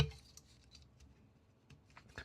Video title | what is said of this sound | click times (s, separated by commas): * L I V E *Fixing @JDT Desktop live #computerrepair #laptop #microsoldering #pc #laptoprepair | they those in. This is one thing I like about these. They actually lock into place on the fan. | 0.4 s, 2.2 s